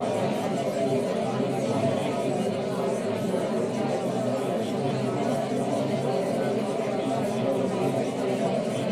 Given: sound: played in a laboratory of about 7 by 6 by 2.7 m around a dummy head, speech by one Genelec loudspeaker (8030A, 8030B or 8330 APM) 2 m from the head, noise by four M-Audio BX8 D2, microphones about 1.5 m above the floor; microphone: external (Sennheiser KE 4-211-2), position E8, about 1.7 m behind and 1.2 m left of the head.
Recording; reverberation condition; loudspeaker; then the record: babble noise; low; four, about 170 cm from the corners of the room and facing them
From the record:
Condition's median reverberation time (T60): about 310 ms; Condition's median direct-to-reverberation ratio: about 3.5 dB